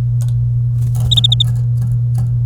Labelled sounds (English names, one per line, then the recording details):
Domestic Canary song
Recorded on 26 April 2018 at 07:46
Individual llb3